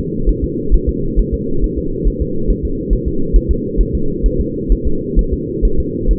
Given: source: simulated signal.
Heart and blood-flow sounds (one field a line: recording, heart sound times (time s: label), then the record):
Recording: fetal heart sounds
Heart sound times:
0.29 s: S1
0.44 s: S2
0.74 s: S1
0.89 s: S2
1.19 s: S1
1.34 s: S2
1.64 s: S1
1.78 s: S2
2.08 s: S1
2.22 s: S2
2.50 s: S1
2.65 s: S2
2.93 s: S1
3.08 s: S2
3.36 s: S1
3.51 s: S2
3.81 s: S1
3.95 s: S2
4.26 s: S1
4.41 s: S2
4.72 s: S1
4.87 s: S2
5.19 s: S1
5.33 s: S2
5.65 s: S1
5.80 s: S2
6.11 s: S1
From the record:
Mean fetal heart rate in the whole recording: 135 bpm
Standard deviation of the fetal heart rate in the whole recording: 3 bpm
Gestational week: 36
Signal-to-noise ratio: -8.1 dB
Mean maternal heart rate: 72 bpm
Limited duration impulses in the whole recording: absent